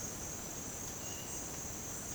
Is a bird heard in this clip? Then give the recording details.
no. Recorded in dense forest near Puerto Asís, Putumayo, Colombia, on 19 March 2025 at 08:30. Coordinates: 0.481, -76.323. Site G088